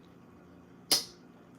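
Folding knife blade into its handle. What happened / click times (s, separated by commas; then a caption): The folding blade snapped shut into its handle / 0.9 s. A steel pocket knife blade is folded shut and snaps into its handle. After a quiet stretch, a single sharp, bright snap lands at 0.9 s and fades quickly. The blade is seated closed in the handle.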